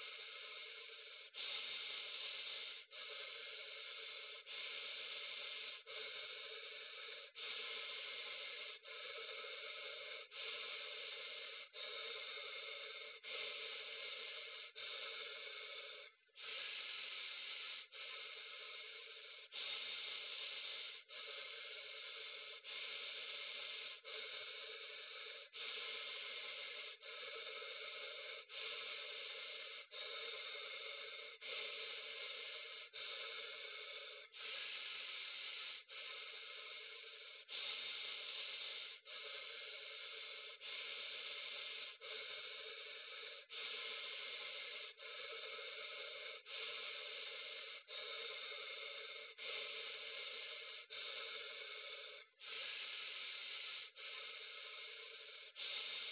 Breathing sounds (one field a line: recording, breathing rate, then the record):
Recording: paced breathing near a phone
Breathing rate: 20 breaths a minute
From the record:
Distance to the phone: 40 cm